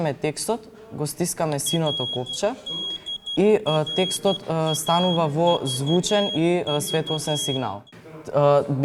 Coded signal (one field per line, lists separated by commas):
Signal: Morse code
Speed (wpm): 12 wpm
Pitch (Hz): 3300 Hz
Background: speech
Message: RDRAVV